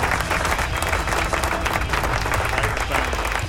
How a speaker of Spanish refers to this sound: Aplauso ahí.